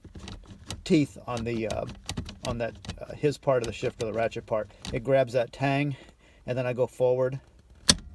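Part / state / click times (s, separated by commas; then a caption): ratchet shifter pawl engaging the shifter gate detent in a car's floor shifter / seated / 7.9 s. Someone talks while the metal ratchet lever of a Camaro Rallye floor shifter is pushed forward from second toward high. The ratchet pawl grabs the tang, rides the ramp and clicks sharply into the shifter gate detent at 7.9 s, seating properly in gear.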